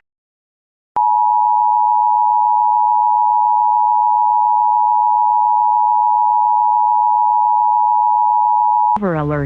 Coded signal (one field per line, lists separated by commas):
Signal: Emergency Alert System (SAME) tones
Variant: 853 and 960 Hz attention tone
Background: speech